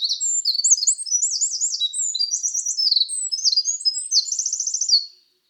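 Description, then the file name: Eurasian wren song: a loud, very high, rapid outpouring of sharp notes and buzzy trills lasting about five seconds, then silence. "Troglodytes troglodytes"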